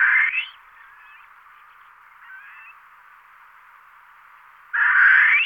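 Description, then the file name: Barbary partridge giving two loud, harsh rasping calls, one at the start and one near the end, with faint scratchy notes between them. "Orebice berberska Alectoris barbara"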